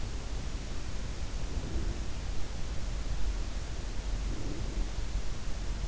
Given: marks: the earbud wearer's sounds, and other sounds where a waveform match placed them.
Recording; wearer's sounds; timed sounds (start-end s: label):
sounds in sleep by an in-ear microphone; breath
1.11-2.33 s: breath
3.96-5.15 s: breath